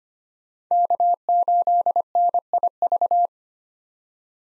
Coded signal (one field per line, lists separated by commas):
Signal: Morse code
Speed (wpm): 25 wpm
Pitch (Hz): 700 Hz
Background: none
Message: K8NIV